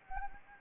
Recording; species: mosquito wingbeat signal from an infrared sensor; Anopheles arabiensis